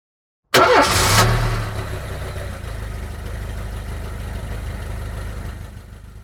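A car engine cranks and catches with a bright whirring burst, then settles into a steady, low rumbling idle that continues to the end, with no talking.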